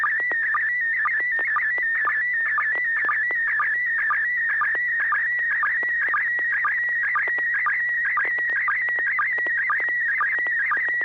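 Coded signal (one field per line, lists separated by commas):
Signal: SSTV (slow-scan television)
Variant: PD120 mode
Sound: warbling high tone shifting pitch, with short low blips about twice a second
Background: low hum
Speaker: go ahead and fire off how about joel ai6dg you've got tone cd120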